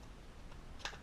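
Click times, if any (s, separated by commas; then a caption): 0.8 s. During an electric conversion of a Losi 2.0 RC car, a plastic part with two shoulders is pushed into its slot in the chassis. Over a low steady background, a single sharp click sounds at 0.9 s, and the part seats with a perfect fit.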